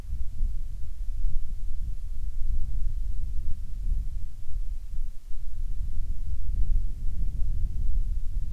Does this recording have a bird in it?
no